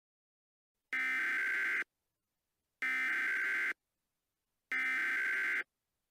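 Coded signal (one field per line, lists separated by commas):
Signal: Emergency Alert System (SAME) tones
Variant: header bursts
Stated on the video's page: Mock scenario of fictional alerts for a real-life Fortnite storm across the United States.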